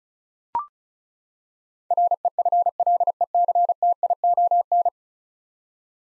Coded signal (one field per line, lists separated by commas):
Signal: Morse code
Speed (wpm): 36 wpm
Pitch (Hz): 700 Hz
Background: none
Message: REFLECTION